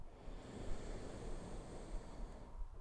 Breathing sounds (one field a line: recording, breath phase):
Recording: one breath near a microphone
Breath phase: inhalation